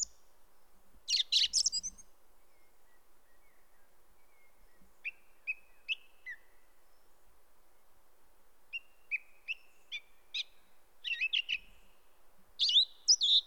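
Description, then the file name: Song thrush singing varied phrases: a loud harsh burst, then spaced clear notes and short repeated figures, ending with bright squeaky notes, separated by pauses. "grive musicienne"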